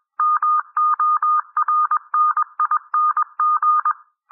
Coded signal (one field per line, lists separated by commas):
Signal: Morse code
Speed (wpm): 21 wpm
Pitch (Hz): 1220 Hz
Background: none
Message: MORNING